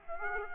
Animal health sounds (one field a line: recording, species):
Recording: mosquito wingbeat signal from an infrared sensor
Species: Aedes aegypti